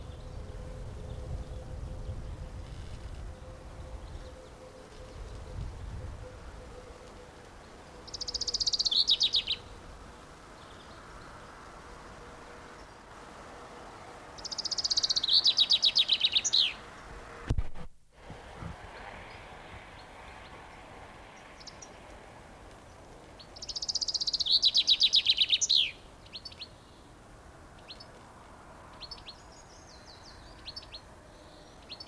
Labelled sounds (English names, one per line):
Common Chaffinch